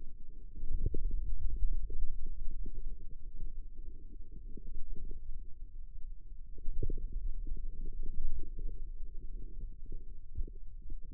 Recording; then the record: forearm muscle sounds (acoustic myography)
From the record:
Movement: ulnar deviation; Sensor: system 2, bracelet of six BSWA MPA416 microphones around the upper forearm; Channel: 5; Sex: male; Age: 22 years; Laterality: right